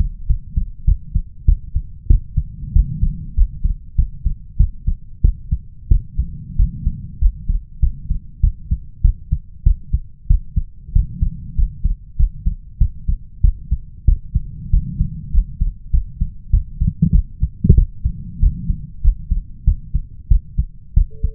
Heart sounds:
heart sounds by stethoscope; 96 bpm
0.27 s: heartbeat
0.85 s: heartbeat
1.45 s: heartbeat
2.07 s: heartbeat
2.73 s: heartbeat
3.34 s: heartbeat
3.95 s: heartbeat
4.57 s: heartbeat
5.21 s: heartbeat
5.88 s: heartbeat
6.56 s: heartbeat
7.18 s: heartbeat
7.79 s: heartbeat
8.40 s: heartbeat
9.01 s: heartbeat
9.63 s: heartbeat
10.27 s: heartbeat
10.92 s: heartbeat
11.55 s: heartbeat
12.16 s: heartbeat
12.77 s: heartbeat
13.41 s: heartbeat
14.05 s: heartbeat
14.70 s: heartbeat
15.31 s: heartbeat
15.90 s: heartbeat
16.50 s: heartbeat
17.11 s: heartbeat
17.74 s: heartbeat
18.39 s: heartbeat
19.01 s: heartbeat
19.64 s: heartbeat
20.28 s: heartbeat
20.93 s: heartbeat
From the record:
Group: healthy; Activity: rest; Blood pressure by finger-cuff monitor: 126/89 mmHg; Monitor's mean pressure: 101 mmHg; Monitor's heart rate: 97 bpm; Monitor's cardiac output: 6.6 L/min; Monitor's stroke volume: 68 mL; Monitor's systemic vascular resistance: 1120 dyn s/cm5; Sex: male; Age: 21 years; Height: 180 cm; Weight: 67.5 kg

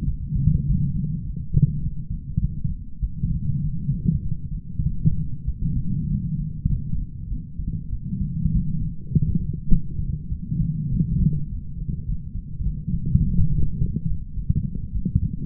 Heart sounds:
heart sounds by stethoscope; 101 bpm
0.06 s: heartbeat
0.66 s: heartbeat
1.24 s: heartbeat
1.81 s: heartbeat
2.39 s: heartbeat
3.01 s: heartbeat
3.61 s: heartbeat
4.22 s: heartbeat
4.82 s: heartbeat
5.46 s: heartbeat
6.09 s: heartbeat
6.69 s: heartbeat
7.29 s: heartbeat
7.91 s: heartbeat
8.52 s: heartbeat
9.11 s: heartbeat
9.69 s: heartbeat
10.30 s: heartbeat
10.90 s: heartbeat
11.48 s: heartbeat
12.06 s: heartbeat
12.64 s: heartbeat
13.22 s: heartbeat
13.78 s: heartbeat
14.35 s: heartbeat
14.93 s: heartbeat
From the record:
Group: healthy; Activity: light exercise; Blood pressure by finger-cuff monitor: 133/60 mmHg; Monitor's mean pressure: 84 mmHg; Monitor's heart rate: 100 bpm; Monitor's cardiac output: 10.5 L/min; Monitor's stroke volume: 106 mL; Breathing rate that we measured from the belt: 24 breaths a minute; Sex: female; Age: 22 years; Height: 160 cm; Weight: 63 kg

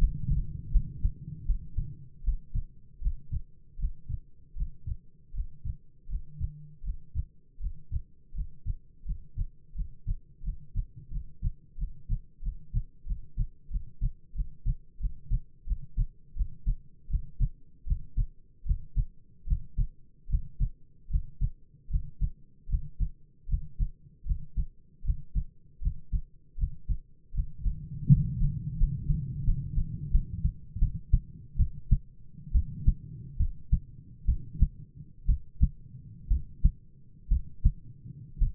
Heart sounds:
heart sounds by stethoscope; 78 bpm
0.71 s: heartbeat
1.45 s: heartbeat
2.23 s: heartbeat
3.00 s: heartbeat
3.77 s: heartbeat
4.54 s: heartbeat
5.32 s: heartbeat
6.07 s: heartbeat
6.82 s: heartbeat
7.58 s: heartbeat
8.32 s: heartbeat
9.03 s: heartbeat
9.73 s: heartbeat
10.41 s: heartbeat
11.09 s: heartbeat
11.76 s: heartbeat
12.41 s: heartbeat
13.05 s: heartbeat
13.69 s: heartbeat
14.33 s: heartbeat
14.98 s: heartbeat
15.65 s: heartbeat
16.34 s: heartbeat
17.08 s: heartbeat
17.85 s: heartbeat
18.64 s: heartbeat
19.45 s: heartbeat
20.27 s: heartbeat
21.08 s: heartbeat
21.88 s: heartbeat
22.67 s: heartbeat
23.47 s: heartbeat
24.24 s: heartbeat
25.02 s: heartbeat
25.80 s: heartbeat
26.56 s: heartbeat
27.32 s: heartbeat
28.07 s: heartbeat
28.75 s: heartbeat
29.43 s: heartbeat
30.10 s: heartbeat
30.78 s: heartbeat
31.56 s: heartbeat
32.51 s: heartbeat
33.37 s: heartbeat
34.25 s: heartbeat
35.26 s: heartbeat
36.28 s: heartbeat
37.28 s: heartbeat
38.38 s: heartbeat
From the record:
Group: healthy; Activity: breath hold 0-29 s, rest 29-39 s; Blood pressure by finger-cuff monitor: 103/65 mmHg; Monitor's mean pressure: 73 mmHg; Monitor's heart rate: 77 bpm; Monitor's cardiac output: 7.6 L/min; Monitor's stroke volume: 100 mL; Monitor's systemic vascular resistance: 660 dyn s/cm5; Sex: male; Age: 22 years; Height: 185 cm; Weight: 112.4 kg

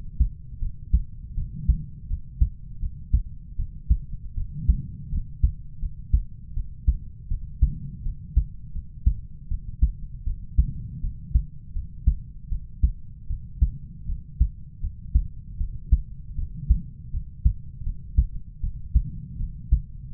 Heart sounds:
heart sounds by stethoscope; 80 bpm
0.59 s: heartbeat
1.34 s: heartbeat
2.07 s: heartbeat
2.79 s: heartbeat
3.56 s: heartbeat
4.34 s: heartbeat
5.09 s: heartbeat
5.79 s: heartbeat
6.53 s: heartbeat
7.28 s: heartbeat
8.02 s: heartbeat
8.72 s: heartbeat
9.48 s: heartbeat
10.24 s: heartbeat
11.00 s: heartbeat
11.72 s: heartbeat
12.48 s: heartbeat
13.27 s: heartbeat
14.06 s: heartbeat
14.80 s: heartbeat
15.57 s: heartbeat
16.35 s: heartbeat
17.10 s: heartbeat
17.83 s: heartbeat
18.60 s: heartbeat
19.37 s: heartbeat
20.10 s: heartbeat
From the record:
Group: healthy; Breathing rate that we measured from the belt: 10 breaths a minute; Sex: male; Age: 20 years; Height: 187 cm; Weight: 68.9 kg

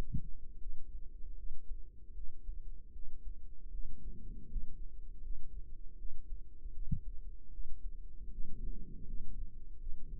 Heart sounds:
heart sounds by microphone in the right ear; 78 bpm
0.57 s: heartbeat
1.34 s: heartbeat
2.12 s: heartbeat
2.90 s: heartbeat
3.69 s: heartbeat
4.46 s: heartbeat
5.20 s: heartbeat
5.95 s: heartbeat
6.70 s: heartbeat
7.49 s: heartbeat
8.28 s: heartbeat
9.03 s: heartbeat
9.77 s: heartbeat
From the record:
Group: healthy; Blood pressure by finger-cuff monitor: 114/65 mmHg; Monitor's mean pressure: 82 mmHg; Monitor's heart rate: 78 bpm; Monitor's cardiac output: 7.8 L/min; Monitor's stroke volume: 100 mL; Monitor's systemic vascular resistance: 770 dyn s/cm5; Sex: male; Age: 33 years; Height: 179 cm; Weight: 80.4 kg

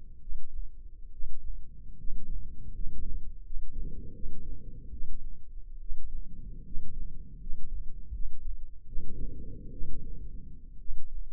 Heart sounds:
heart sounds by microphone in the left ear; 74 bpm
0.19 s: heartbeat
1.11 s: heartbeat
1.97 s: heartbeat
2.73 s: heartbeat
3.43 s: heartbeat
4.13 s: heartbeat
4.90 s: heartbeat
5.79 s: heartbeat
6.64 s: heartbeat
7.39 s: heartbeat
8.12 s: heartbeat
8.85 s: heartbeat
9.71 s: heartbeat
10.78 s: heartbeat
From the record:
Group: healthy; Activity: rest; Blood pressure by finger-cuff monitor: 129/72 mmHg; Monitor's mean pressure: 93 mmHg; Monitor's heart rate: 70 bpm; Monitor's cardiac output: 8.2 L/min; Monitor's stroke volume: 108 mL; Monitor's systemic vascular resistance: 820 dyn s/cm5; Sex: male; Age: 24 years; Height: 184 cm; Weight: 89 kg

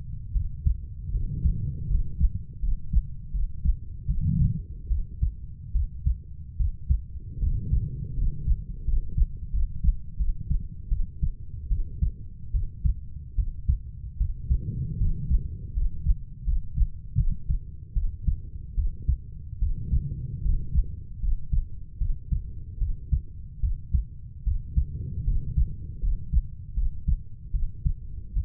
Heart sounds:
heart sounds by stethoscope; 77 bpm
0.33 s: heartbeat
1.12 s: heartbeat
1.88 s: heartbeat
2.60 s: heartbeat
3.32 s: heartbeat
4.07 s: heartbeat
4.88 s: heartbeat
5.73 s: heartbeat
6.57 s: heartbeat
7.40 s: heartbeat
8.15 s: heartbeat
8.85 s: heartbeat
9.51 s: heartbeat
10.17 s: heartbeat
10.89 s: heartbeat
11.69 s: heartbeat
12.52 s: heartbeat
13.36 s: heartbeat
14.18 s: heartbeat
14.98 s: heartbeat
15.74 s: heartbeat
16.44 s: heartbeat
17.16 s: heartbeat
17.94 s: heartbeat
18.75 s: heartbeat
19.59 s: heartbeat
20.42 s: heartbeat
21.20 s: heartbeat
21.98 s: heartbeat
22.79 s: heartbeat
23.61 s: heartbeat
24.44 s: heartbeat
25.24 s: heartbeat
26.00 s: heartbeat
26.74 s: heartbeat
27.51 s: heartbeat
28.34 s: heartbeat
From the record:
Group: healthy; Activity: rest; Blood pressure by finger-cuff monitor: 119/46 mmHg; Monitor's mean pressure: 70 mmHg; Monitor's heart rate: 77 bpm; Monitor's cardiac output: 9.5 L/min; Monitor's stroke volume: 125 mL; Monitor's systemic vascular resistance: 510 dyn s/cm5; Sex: female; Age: 32 years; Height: 168 cm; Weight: 61.9 kg

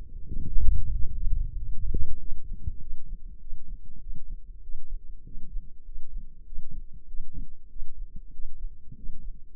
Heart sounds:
heart sounds by microphone in the left ear; 97 bpm
0.23 s: heartbeat
0.88 s: heartbeat
1.52 s: heartbeat
2.15 s: heartbeat
2.76 s: heartbeat
3.36 s: heartbeat
3.96 s: heartbeat
4.58 s: heartbeat
5.21 s: heartbeat
5.81 s: heartbeat
6.42 s: heartbeat
7.04 s: heartbeat
7.66 s: heartbeat
8.29 s: heartbeat
8.93 s: heartbeat
9.53 s: heartbeat
From the record:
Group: healthy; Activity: rest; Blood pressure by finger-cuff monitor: 109/64 mmHg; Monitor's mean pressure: 76 mmHg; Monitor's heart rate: 97 bpm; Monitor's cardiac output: 6.8 L/min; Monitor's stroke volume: 70 mL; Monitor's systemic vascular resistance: 800 dyn s/cm5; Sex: male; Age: 20 years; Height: 167 cm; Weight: 61 kg

